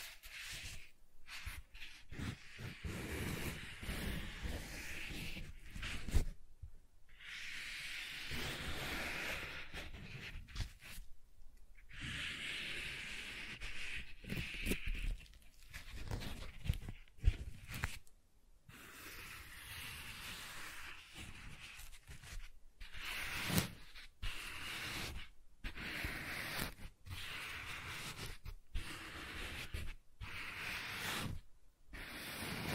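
Soft tracing over smooth and rough surfaces makes a steady, hissy rubbing that swells and eases in long strokes. Brief silent gaps break it every few seconds. The texture shifts between smoother whispery passes and grainier scratching, with occasional dull low bumps.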